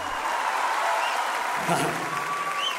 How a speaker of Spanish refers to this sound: Los aplausos también para él.